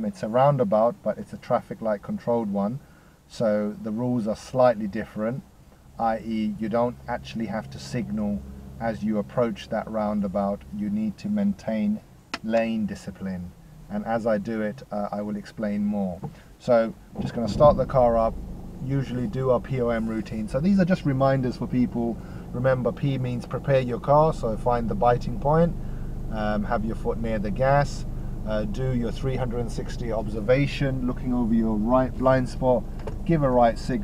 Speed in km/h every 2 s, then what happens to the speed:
0, 0, 0, 0, 0, 0, 0, 0, 0, 0, 0, 0, 0, 0, 0, 0, 0.
0-34 standing.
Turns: none.